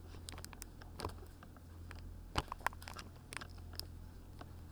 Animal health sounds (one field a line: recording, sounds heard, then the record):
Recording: poultry house recording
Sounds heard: no chicken sound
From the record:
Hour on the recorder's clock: 16